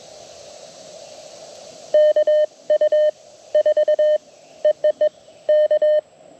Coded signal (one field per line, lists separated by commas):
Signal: Morse code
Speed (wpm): 21 wpm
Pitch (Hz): 3050 Hz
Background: none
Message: KU 4 EEE K